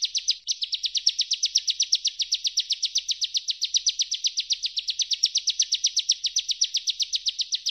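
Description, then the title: Bar-winged prinia delivering a relentless, high, chipping trill of rapid repeated notes, steady and nearly unbroken. Ngebren style of continuous singing, used for training songbirds. "Master Burung Jos. Ciblek_ngebren"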